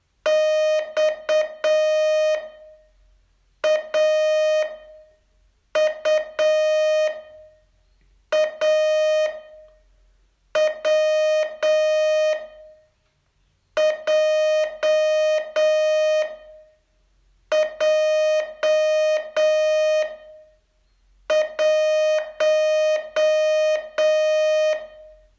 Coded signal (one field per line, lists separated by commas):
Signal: Morse code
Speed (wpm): 8 wpm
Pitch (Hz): 620 Hz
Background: music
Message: XAUAWJJ1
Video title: Learn Morse in 42 Days from VU2LAU - day 34